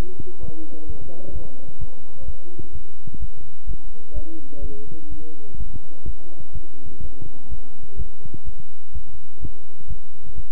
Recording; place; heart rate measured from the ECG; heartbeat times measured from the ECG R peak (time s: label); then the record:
heart sounds by stethoscope; between the tricuspid and mitral areas; 127 bpm
0.41 s: heartbeat
0.87 s: heartbeat
1.33 s: heartbeat
1.79 s: heartbeat
2.26 s: heartbeat
2.73 s: heartbeat
3.20 s: heartbeat
3.67 s: heartbeat
4.14 s: heartbeat
4.62 s: heartbeat
5.10 s: heartbeat
5.58 s: heartbeat
6.05 s: heartbeat
6.53 s: heartbeat
7.02 s: heartbeat
7.49 s: heartbeat
7.97 s: heartbeat
8.45 s: heartbeat
8.93 s: heartbeat
9.41 s: heartbeat
9.88 s: heartbeat
10.36 s: heartbeat
From the record:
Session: bicycle stress test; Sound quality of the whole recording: good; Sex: male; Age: 23 years